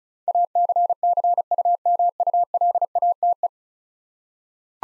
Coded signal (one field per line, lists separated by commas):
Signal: Morse code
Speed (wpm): 35 wpm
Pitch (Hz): 700 Hz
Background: none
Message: ACCUMULATE